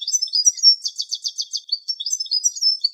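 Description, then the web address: European goldfinch twittering in a fast, liquid jumble of high tinkling notes, with a run of rapid repeated chirps in the middle. "Carduelis carduelis"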